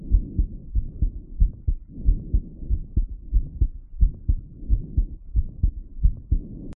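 A woman's heartbeat after light exercise.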